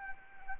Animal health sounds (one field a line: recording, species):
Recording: mosquito wingbeat signal from an infrared sensor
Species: Anopheles arabiensis